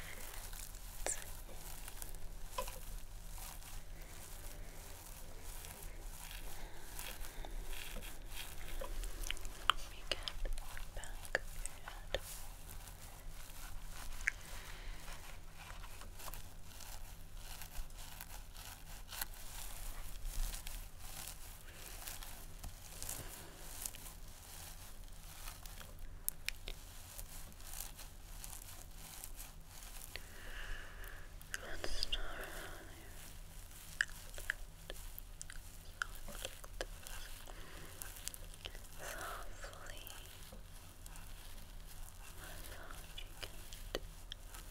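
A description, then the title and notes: Head massage and hair brushing: dense, steady scratchy rustling throughout, with a low hum underneath and brief louder strokes around 10 and 32 seconds. Head Massage & Hair Brushing.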